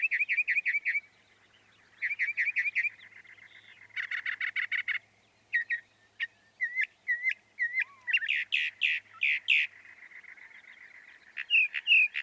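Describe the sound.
Northern mockingbird song: fast repeated trills, grating raspy bursts and slurred whistles, each phrase type repeated several times before switching.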